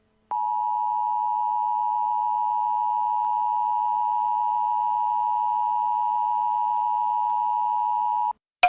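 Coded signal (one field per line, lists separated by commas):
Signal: Emergency Alert System (SAME) tones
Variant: 853 and 960 Hz attention tone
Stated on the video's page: Real Blizzard Warning alert for Amarillo, Texas, from Christmas Day 2015.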